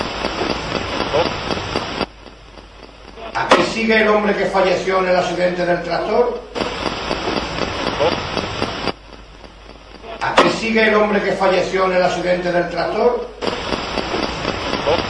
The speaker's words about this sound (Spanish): Se escucha muy bien, ¿eh? Se escucha perfecto. Okay. Hay que decir que es la Spirit, vamos que... Sí, es la Spirit Box.